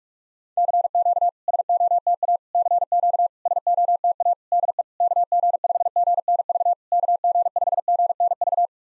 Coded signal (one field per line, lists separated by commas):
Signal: Morse code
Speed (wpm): 44 wpm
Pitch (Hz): 700 Hz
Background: none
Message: CQ SOTA CQ SOTA DE KG5GNV KG5GNV